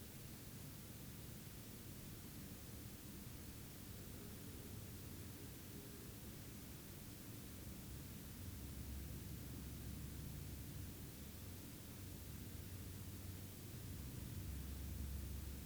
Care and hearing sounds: daily activity, guitar pickup as the sensor; lie down

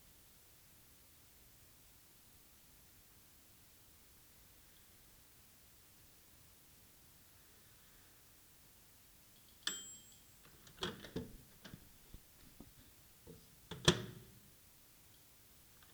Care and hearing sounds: daily activity, guitar pickup as the sensor; use microwave

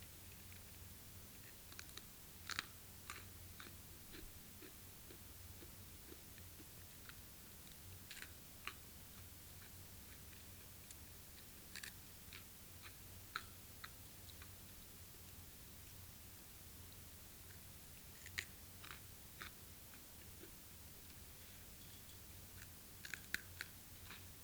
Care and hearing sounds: daily activity, guitar pickup as the sensor; eat

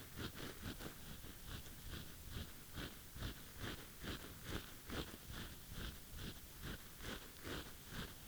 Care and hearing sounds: daily activity, guitar pickup as the sensor; brush teeth

